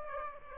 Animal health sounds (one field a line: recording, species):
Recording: mosquito wingbeat signal from an infrared sensor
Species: Aedes aegypti